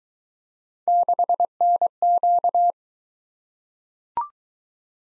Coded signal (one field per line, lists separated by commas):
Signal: Morse code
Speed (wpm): 23 wpm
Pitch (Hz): 700 Hz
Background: none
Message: 6NQ